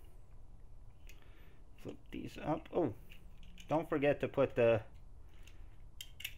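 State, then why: Seated. Someone talks while handling a Hasbro Transformers Power of the Primes Rodimus Prime figure, pushing its plastic feet back into the legs amid faint handling ticks. A sharp plastic click at 6.0 s marks a foot clicking into place, seated.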